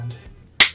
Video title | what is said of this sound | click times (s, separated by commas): How to Disassemble and Reassemble the New CZ Shadow 2 Compact | slide it right in, and it'll click right into place. | 0.6 s